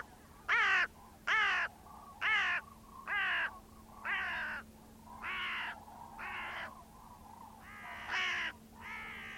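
Bird calling in rough, raspy caws, roughly one per second, over a steady low hum.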